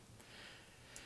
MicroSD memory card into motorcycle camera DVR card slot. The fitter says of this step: as you can see, just like every other TF card, you push it in until it clicks. And then it stays in place.